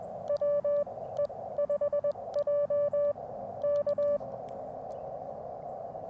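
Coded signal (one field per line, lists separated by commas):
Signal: Morse code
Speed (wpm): 21 wpm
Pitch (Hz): 580 Hz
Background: radio noise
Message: WE5J K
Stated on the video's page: CW Parks on the Air activation with an Elecraft KX2, AX1 antenna and a paddle key, on 40m at 7.063 then 20m at 14062.5; modest pile-ups.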